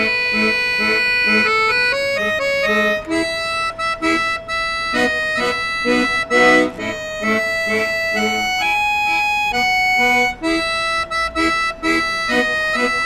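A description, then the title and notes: An accordion plays a slow melody, bright reedy notes held long and stepping up and down. Short bass-chord pulses pump steadily underneath, and the playing stays fairly loud throughout, with only brief dips between phrases. Accordion Instrument Being Played.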